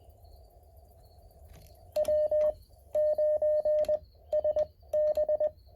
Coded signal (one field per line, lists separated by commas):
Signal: Morse code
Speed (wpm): 20 wpm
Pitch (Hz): 610 Hz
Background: none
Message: W9SB